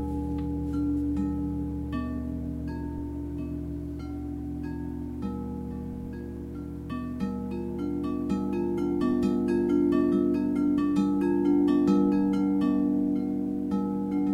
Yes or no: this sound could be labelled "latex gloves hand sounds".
no